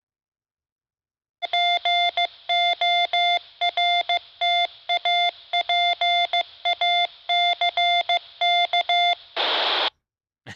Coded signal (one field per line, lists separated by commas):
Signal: Morse code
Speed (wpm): 15 wpm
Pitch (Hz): 700 Hz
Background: none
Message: GORTAPACK